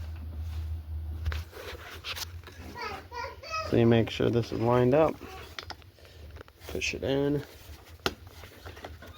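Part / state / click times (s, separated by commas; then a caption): spark plug boot onto spark plug of small engine / seated / 8.1 s. Someone talks while lining up and pushing the spark plug boot onto the newly gapped spark plug of a Stihl SH 56 C handheld leaf blower vac engine. A sharp click is heard at 8.1 s as the boot seats onto the plug.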